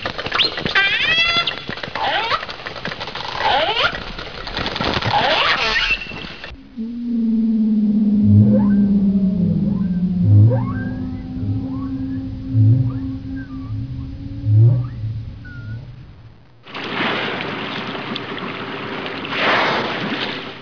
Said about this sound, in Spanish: Fue algo maravilloso el poder ver y escuchar a las ballenas cuando nadan alrededor nuestro durante un viaje en lancha. El sonido de sus aletas golpeando la superficie del mar es algo majestuoso.